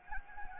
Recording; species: mosquito wingbeat signal from an infrared sensor; Anopheles gambiae